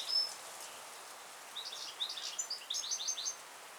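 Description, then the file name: Goldfinch twittering: a sharp high note opens, then after a pause a run of quick tinkling, slightly buzzy notes in several bursts. "Carduelis carduelis"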